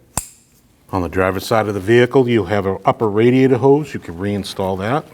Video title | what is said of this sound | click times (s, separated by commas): How to Replace AC Condenser & Receiver Drier Assembly 2013-2019 Ford Escape 1.5L L4 | And now your pressure sensor. Wait for the click. | 0.2 s